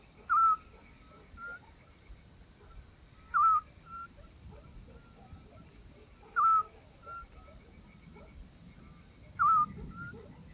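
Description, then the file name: Eurasian scops owl repeating a clear, brief whistled hoot about every three seconds, with softer notes in the gaps. "Assiolo"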